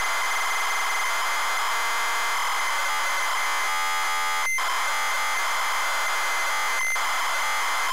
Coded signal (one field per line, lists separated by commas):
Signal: ZX Spectrum tape loading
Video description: ZX Spectrum load up and quick game play ofRick Dangerous loaded up using a zx spectrum +3 with a wh smith cpd8300 cassette player.